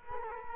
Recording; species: mosquito wingbeat signal from an infrared sensor; Culex quinquefasciatus